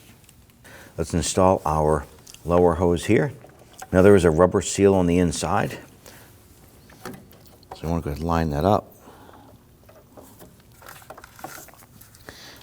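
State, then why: Not seated. A lower coolant hose with a rubber seal inside is handled and lined up with its plastic quick-connect fitting on the expansion tank of a 2010–2019 Ford Taurus 3.5L V6, while someone talks. Scattered small taps and handling noises are heard, but the hose has not yet been pushed home, and nothing has seated or clicked.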